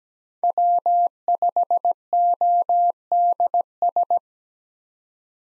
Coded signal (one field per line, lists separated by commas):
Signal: Morse code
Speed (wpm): 17 wpm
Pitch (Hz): 700 Hz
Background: none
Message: W5ODS